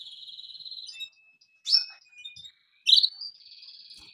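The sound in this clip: Canary song fragment, a high rolling trill, a faint thin whistle, then loud sweeping chirps and another trill.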